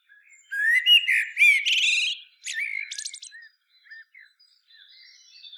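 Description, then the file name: Common blackbird song: a low, mellow fluted warble followed by a burst of high, squeaky twittering, then faint thin notes trailing off. "Turdus merula"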